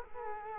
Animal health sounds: mosquito wingbeat signal from an infrared sensor; Culex quinquefasciatus

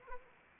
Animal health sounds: mosquito wingbeat signal from an infrared sensor; Anopheles arabiensis

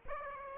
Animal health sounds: mosquito wingbeat signal from an infrared sensor; Aedes aegypti

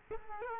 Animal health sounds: mosquito wingbeat signal from an infrared sensor; Culex quinquefasciatus

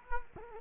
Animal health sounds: mosquito wingbeat signal from an infrared sensor; Culex quinquefasciatus

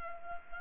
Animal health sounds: mosquito wingbeat signal from an infrared sensor; Culex pipiens

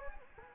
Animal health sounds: mosquito wingbeat signal from an infrared sensor; Anopheles gambiae

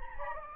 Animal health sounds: mosquito wingbeat signal from an infrared sensor; Anopheles gambiae

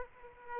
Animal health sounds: mosquito wingbeat signal from an infrared sensor; Aedes aegypti

